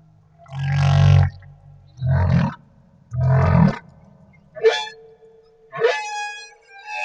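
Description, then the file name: Humpback whale song phrases: three deep rumbling grunts, then two sharp upswept whoops with a lingering tonal tail. Humpback whale off Madagascar. "Humpback Whale - Madagascar Whale One"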